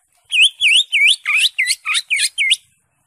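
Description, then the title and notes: Greater Green Leafbird song: eight loud, rapid slurred whistles, several dipping and rising, delivered over about two seconds. Recording described as good for tutoring other green leafbirds to learn the song. "Suara Burung Cucak Ijo. mantap buat masteran burung cak ijo"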